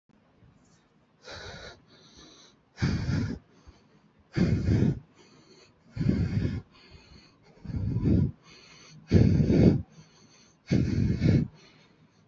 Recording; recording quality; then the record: shallow breathing; excellent, no background noise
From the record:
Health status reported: healthy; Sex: male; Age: 23 years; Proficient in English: yes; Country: India